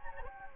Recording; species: mosquito wingbeat signal from an infrared sensor; Anopheles gambiae